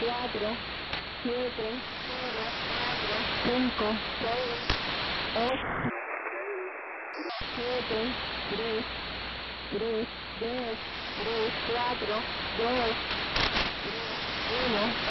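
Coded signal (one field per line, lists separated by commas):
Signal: numbers station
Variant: HM01, Spanish voice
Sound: a voice reads short evenly spaced words through heavy hiss, with a brief gap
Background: radio static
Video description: A broadcast of the Cuban Numbers Station HM01 on 05/21/2017 ~04:00 UTC on 10860 kHz.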